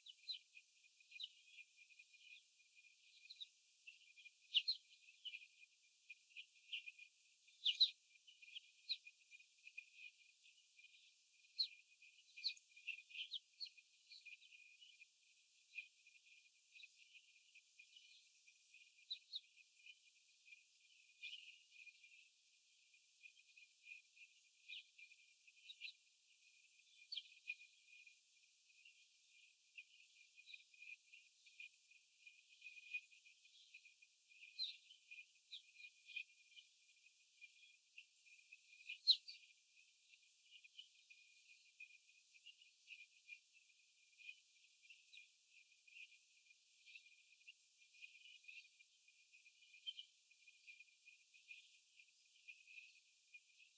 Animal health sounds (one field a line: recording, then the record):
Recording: young laying hens in a cage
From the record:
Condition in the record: after the stressor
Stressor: sudden umbrella opening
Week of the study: 3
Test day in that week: 2